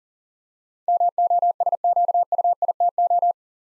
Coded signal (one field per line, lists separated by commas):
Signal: Morse code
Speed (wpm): 42 wpm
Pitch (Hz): 700 Hz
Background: none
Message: MOSQUITO